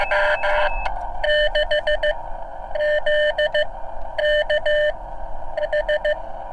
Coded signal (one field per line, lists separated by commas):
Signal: Morse code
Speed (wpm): 15 wpm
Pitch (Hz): 600 Hz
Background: none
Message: M6ZKH